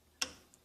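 A latch is pressed on the plastic wire connector of a furnace hot-surface igniter to unplug it from the harness. Two clicks are heard, a sharp bright one at 0.2 s and a faint small one at 0.5 s. The latch clicks open and the connector is released.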